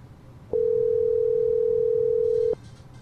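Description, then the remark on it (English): An outgoing call's ringing tone: a single steady, mid-pitched electronic beep lasting about two seconds, loud against a quiet background hum, then it cuts off. “That's his phone ringing.”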